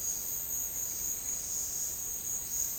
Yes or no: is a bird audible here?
no